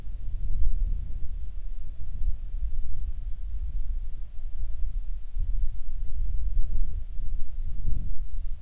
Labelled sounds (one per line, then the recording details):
bird
wind
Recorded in the Prudhoe Bay oil fields, Alaska, on 7 August 2019 at 05:23
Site 13